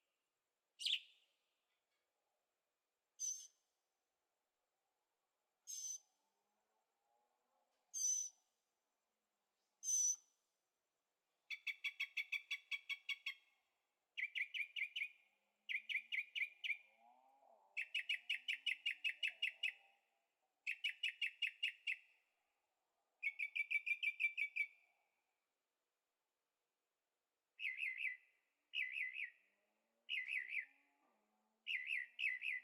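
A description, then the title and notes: Birds sing at night, a single bird giving short, bright whistled calls every two or three seconds for the first ten seconds. From about eleven seconds on it switches to rapid, buzzy trilled bursts, each lasting a second or two, separated by brief silences. Birds at Night, Carefree Arizona. Recording made with Zoom H6, Stereo Microphones.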